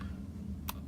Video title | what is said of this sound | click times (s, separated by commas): Korbanth LS6 NBv4 Crystal Chamber | then when you put this on you guys eventuates gonna pop into place the | 0.7 s